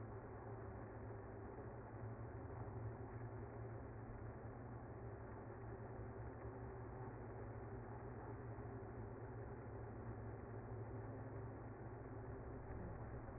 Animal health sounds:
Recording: honeybee colony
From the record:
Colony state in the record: active

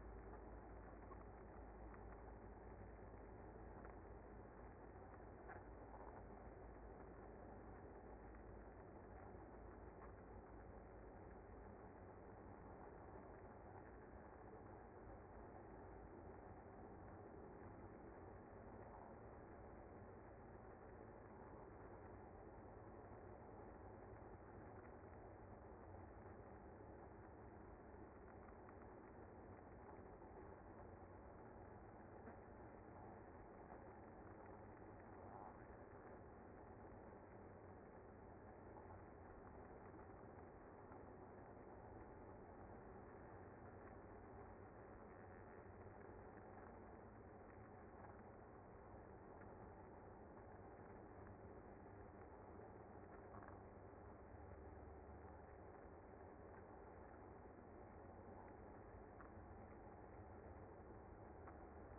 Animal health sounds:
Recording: honeybee colony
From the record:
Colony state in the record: active

